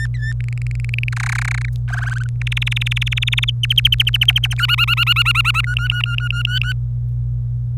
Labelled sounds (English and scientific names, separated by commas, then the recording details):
Domestic Canary (Serinus canaria) song
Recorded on 25 April 2018 at 14:17
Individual llb3